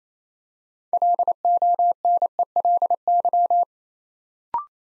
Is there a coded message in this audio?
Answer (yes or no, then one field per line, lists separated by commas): yes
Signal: Morse code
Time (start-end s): 0.9-3.6 s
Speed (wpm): 29 wpm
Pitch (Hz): 700 Hz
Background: none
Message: LONELY